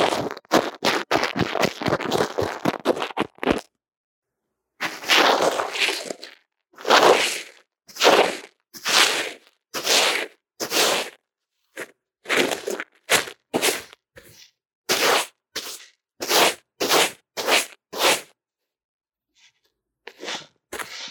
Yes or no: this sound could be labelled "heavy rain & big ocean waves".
no